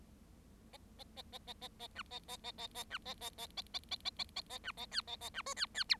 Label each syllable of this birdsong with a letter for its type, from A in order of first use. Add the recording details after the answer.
A A A A A A A B A A A A A B A A A A A A A A A A B A C A A B D C C E. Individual Bird7